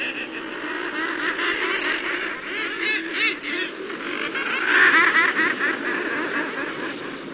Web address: Songs of Birds of North America Stokes. Thick-billed Murre